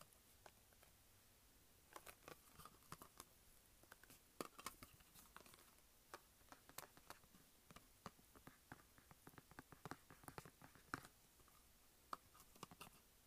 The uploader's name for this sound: Tapping and scratching makeup pallet